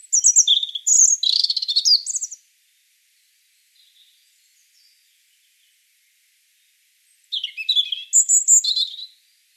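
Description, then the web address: European robin song: two bursts of high, fast, varied twittering phrases with thin whistles and trills, separated by about five seconds of near silence with faint notes. "SETE data Erithacus rubecula"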